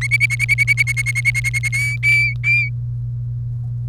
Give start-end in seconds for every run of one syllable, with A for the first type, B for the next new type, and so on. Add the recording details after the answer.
0.01-1.69 A, 1.73-2.69 B. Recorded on 1 May 2018 at 10:10. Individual llb3